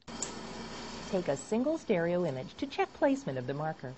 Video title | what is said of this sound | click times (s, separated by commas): Eviva Upright Stereotactic Biopsy with StereoLoc II Demonstration | deploy the marker by fully depressing the plunger until it clicks | 0.2 s